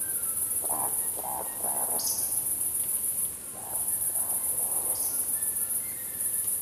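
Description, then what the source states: Eurasian woodcock display: two series of three low grunts, each followed by a high squeaky whistle, against a constant shrill cricket chorus. Recording of woodcocks played back in the programme.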